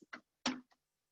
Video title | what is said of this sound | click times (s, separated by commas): Online Class: At Home Photo Studio: Learn How to Use The New ShotBox - Michaels | and then we have these little stabilizers here on the side that just pull up and snap into place | 0.1 s, 0.5 s